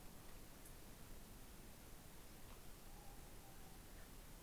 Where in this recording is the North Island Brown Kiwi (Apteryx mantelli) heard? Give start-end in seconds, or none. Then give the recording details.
none. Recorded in New Zealand on 16 November 2013. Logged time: 22:29. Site BS16